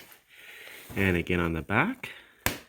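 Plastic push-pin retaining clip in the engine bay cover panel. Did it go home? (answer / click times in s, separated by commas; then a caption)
released / 2.5 s. Someone talks while pressing down the centre pin of a plastic push-type retaining clip at the back of the engine-bay cover panel on a 2010–2012 Lexus RX350, one of four clips released to reach the engine air filter. A short, sharp snap sounds at 2.5 s as the clip releases.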